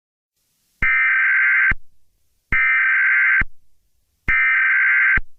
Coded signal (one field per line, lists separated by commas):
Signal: Emergency Alert System (SAME) tones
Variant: header bursts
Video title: EAS Scenario Message To @DeadlyCrowPhantomGhostsX2K975 .